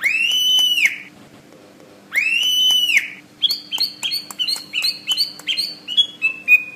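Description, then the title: Bird song opening with two long arched whistles, then a quick run of sharp, repeated chirping notes that fall slightly toward the end. "SuaraBurung Kicau"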